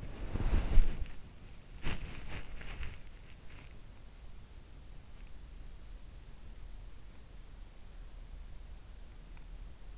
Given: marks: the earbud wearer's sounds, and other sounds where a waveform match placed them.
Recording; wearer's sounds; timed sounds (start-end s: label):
sounds in sleep by an in-ear microphone; body movement
0.00-2.97 s: body movement